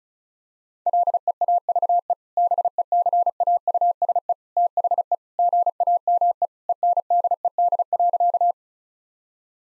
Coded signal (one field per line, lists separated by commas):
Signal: Morse code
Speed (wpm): 36 wpm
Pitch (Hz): 700 Hz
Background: none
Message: LEAVE BECAUSE THE GAME ENDED.